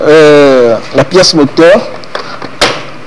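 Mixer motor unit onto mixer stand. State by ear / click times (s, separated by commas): seated / 2.6 s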